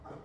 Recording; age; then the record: pig call; growing-finishing pig (85 days or more)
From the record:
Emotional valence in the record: positive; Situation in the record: run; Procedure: transit